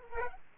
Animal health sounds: mosquito wingbeat signal from an infrared sensor; Aedes aegypti

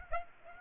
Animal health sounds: mosquito wingbeat signal from an infrared sensor; Aedes aegypti

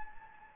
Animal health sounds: mosquito wingbeat signal from an infrared sensor; Anopheles gambiae

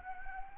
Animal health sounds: mosquito wingbeat signal from an infrared sensor; Anopheles gambiae

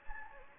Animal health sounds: mosquito wingbeat signal from an infrared sensor; Anopheles gambiae

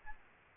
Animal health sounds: mosquito wingbeat signal from an infrared sensor; Aedes albopictus

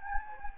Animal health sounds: mosquito wingbeat signal from an infrared sensor; Anopheles gambiae

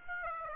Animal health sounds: mosquito wingbeat signal from an infrared sensor; Aedes aegypti

